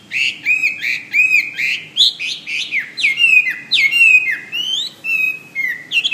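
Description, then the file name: Hwamei singing a string of clear looping whistles, each phrase slurring up and down, delivered in quick succession with little pause. "omkicau hwamey"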